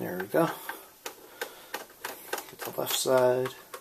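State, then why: Not seated. Someone talks while handling the plastic rear cover of an HP Envy 23 all-in-one PC, pressing down its left side so a cover clip can go into the chassis. A series of short, sharp ticks sounds between the words. Nothing has seated or clicked into place yet.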